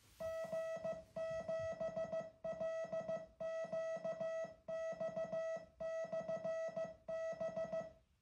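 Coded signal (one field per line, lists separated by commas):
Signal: Morse code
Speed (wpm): 15 wpm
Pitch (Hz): 650 Hz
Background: music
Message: G7LQX/B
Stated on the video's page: Sent by a homebuilt QRP CW transceiver running as a beacon/transmitter at lunchtime.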